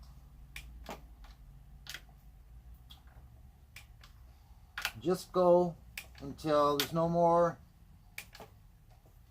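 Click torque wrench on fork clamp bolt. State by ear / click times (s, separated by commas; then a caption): torque reached / 8.2 s. A click torque wrench re-checks the already torqued fork pinch bolt on a motorcycle, turning until there is no more motion, and it clicks right away at 8.2 s. Short, sharp ticks come before it while someone talks in the middle of the clip. The bolt is confirmed at torque.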